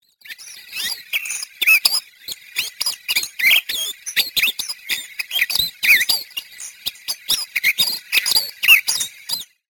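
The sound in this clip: Warbler song: loud, fast, varied stream of high chirps, twittering trills and squeaky slurred notes, continuous for several seconds.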